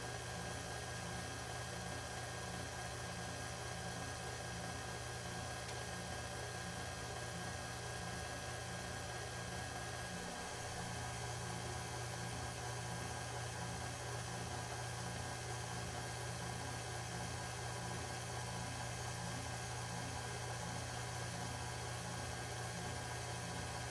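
A kitchen blender runs steadily, stirring cake batter with a constant motor hum. The sound is dense and unchanging for the whole stretch, with a low rumbling drone under a bright, hissy whir and a faint rhythmic churn in the lower range.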